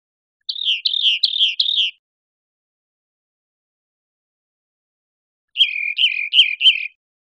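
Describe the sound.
Rock wren song: a run of slurred notes, then after a pause a lower run of similar notes, clean background.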